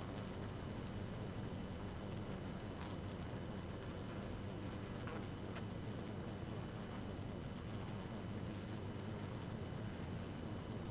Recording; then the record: honeybee colony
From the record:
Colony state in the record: active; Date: 12 June 2018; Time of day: 1:17